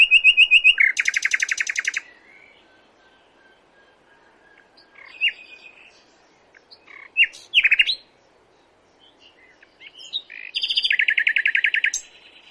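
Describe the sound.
Common nightingale song with high pure whistles leading into a hard rapid rattle, pauses with scattered sharp notes and upslurs, then another fast churring trill.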